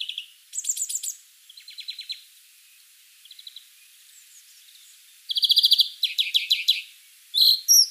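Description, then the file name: European greenfinch giving rapid twittering trills, short bursts of ticking notes at varied pitches with brief pauses, a louder run of dense trills near the end. "Chloris chloris"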